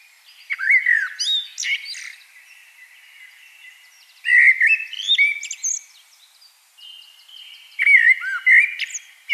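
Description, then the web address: Common blackbird singing three separate phrases, each a short fluty whistle followed by high squeaky twittering, with pauses of about two seconds between them. "SETE data Turdus merula"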